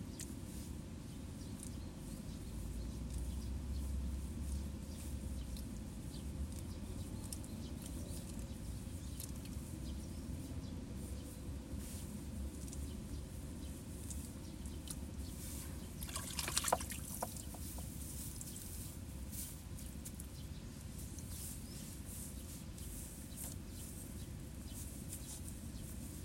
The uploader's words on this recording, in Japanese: 水苗代でイネの苗取り。昔ながらの方法で、田んぼに直接籾種をまいて育てる「水苗代」から、育った苗を１本１本抜いてワラでまとめて束にしていきます。